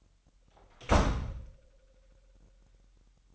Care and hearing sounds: daily activity, microphone in the room; close door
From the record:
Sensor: 3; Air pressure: 998.4 hPa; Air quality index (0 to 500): 140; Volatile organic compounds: 4 ppm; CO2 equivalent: 1681 ppm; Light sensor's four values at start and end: 16/46/19/17 and 16/46/19/17

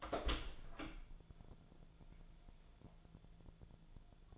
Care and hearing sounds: daily activity, microphone in the room; open door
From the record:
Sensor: 5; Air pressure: 1000.6 hPa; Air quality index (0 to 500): 158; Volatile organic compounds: 2 ppm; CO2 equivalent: 1218 ppm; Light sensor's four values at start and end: 47/111/46/49 and 47/110/46/49

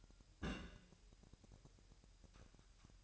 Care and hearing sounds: daily activity, microphone in the room; place on stove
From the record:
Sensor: 2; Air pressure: 1001.8 hPa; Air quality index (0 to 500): 249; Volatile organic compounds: 37 ppm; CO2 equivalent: 3095 ppm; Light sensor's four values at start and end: 5/11/4/5 and 5/11/4/5

